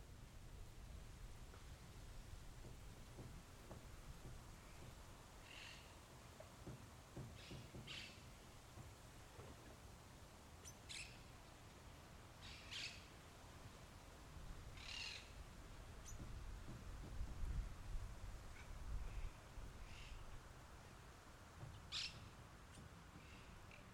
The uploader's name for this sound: Delta del Tigre, Argentina